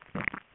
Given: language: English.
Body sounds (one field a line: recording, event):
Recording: throat vibration sensor signal played as sound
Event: swallow